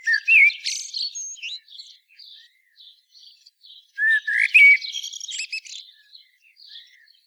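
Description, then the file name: Common blackbird song with two loud phrases, each a low whistle sliding into a thin, chattering twitter, softer notes trailing off between. "Turdus merula"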